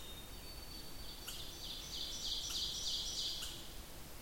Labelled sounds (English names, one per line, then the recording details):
Ovenbird song
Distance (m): 55 m
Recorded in boreal forest in Alberta, Canada, on 8 June 2016 at 08:27
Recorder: SongMeter 3, array SBT-3-9
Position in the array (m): 179 m, 155 m
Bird 35